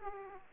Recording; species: mosquito wingbeat signal from an infrared sensor; Aedes aegypti